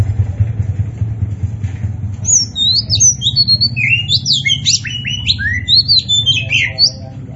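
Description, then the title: Oriental magpie-robin song, after a short quiet start, a fast stream of loud slurred whistles and chattering notes over a steady low hum. Singing strongly (gacor). "Kacer Poci Gacor"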